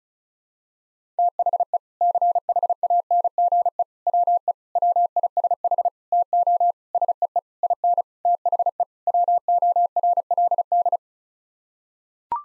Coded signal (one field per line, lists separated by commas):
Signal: Morse code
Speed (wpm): 36 wpm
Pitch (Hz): 700 Hz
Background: none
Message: THE CHANGE WE WISH TO SEE IN THE WORLD